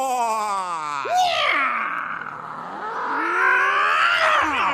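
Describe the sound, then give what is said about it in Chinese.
A performer in a Beijing crosstalk (xiangsheng) show vocally mimics two cats fighting, with wavering, strained yowls and rising howls that slide sharply up and down in pitch and stay loud and continuous for several seconds. “改猫打架了。”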